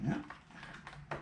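The front door panel of a printed craft bus box is handled as it is pressed down toward the top slots, while someone talks. Brief handling noises are heard, but nothing has seated or clicked yet by the end of the clip.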